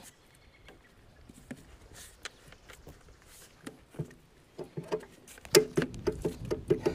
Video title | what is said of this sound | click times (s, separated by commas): #426 Landpride FDR1660 Lawn Mower Maintenance and Blades. outdoor channel. | listen for that click pretty | 5.5 s